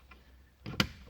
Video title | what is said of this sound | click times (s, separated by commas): Škoda Superb 3 screen and radio removal | the click and then you need to use two hands sorry | 0.8 s